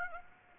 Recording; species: mosquito wingbeat signal from an infrared sensor; Aedes aegypti